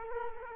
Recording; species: mosquito wingbeat signal from an infrared sensor; Culex quinquefasciatus